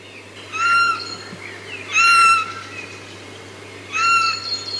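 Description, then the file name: Eurasian jay uttering three short, nasal, tonal calls spaced roughly 1.5 to 2 seconds apart, with a few faint sliding notes in between. "Garrulus glandarius"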